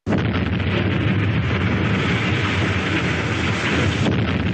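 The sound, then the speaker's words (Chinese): Archival recording, made by the Pearl River Film Studio, of explosions blasting a mountainside to move earth for building the Shekou Industrial Zone in Shenzhen, China, around 1979: a sudden onset gives way to a dense, roaring rumble that stays loud and unbroken for several seconds, with no voices. “珠江电影制片厂录制的开山炸土方的炮声原声。”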